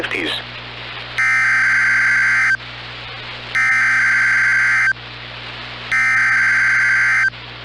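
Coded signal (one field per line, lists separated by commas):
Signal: Emergency Alert System (SAME) tones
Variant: header bursts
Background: speech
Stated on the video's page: Required Monthly Test run as an earthquake and tsunami drill.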